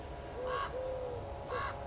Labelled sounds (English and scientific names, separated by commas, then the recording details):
Eurasian Collared Dove (Streptopelia decaocto)
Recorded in Sonoma County, California